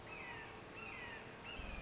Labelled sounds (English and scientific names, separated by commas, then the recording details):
Red-shouldered Hawk (Buteo lineatus)
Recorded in Sonoma County, California